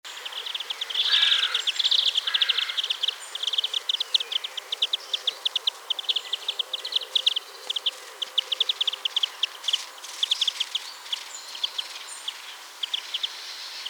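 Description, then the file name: European greenfinch calling in rapid, evenly repeated high ticking notes that run almost continuously, with a steady background hiss. "Chloris chloris"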